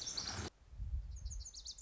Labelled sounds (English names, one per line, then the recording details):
Lazuli Bunting
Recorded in Sonoma County, California